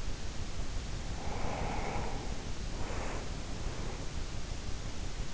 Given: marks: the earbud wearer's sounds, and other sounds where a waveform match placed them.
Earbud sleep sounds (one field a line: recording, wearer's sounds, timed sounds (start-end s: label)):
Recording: sounds in sleep by an in-ear microphone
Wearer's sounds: breath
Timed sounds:
1.04-4.26 s: breath